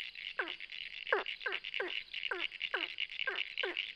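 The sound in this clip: Ornate burrowing frog calls: short, sharply falling notes repeated in a series, over a steady high-pitched buzzing chorus.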